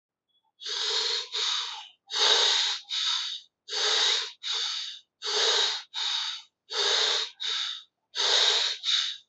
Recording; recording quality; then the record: shallow breathing; excellent, no background noise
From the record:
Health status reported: healthy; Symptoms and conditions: none ticked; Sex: male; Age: 30 years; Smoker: not ticked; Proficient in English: yes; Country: India